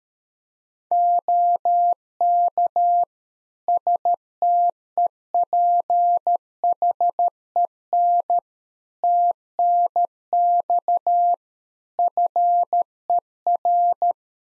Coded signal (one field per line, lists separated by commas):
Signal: Morse code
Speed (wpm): 13 wpm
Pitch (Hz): 700 Hz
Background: none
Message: OK STEPHEN TNX FER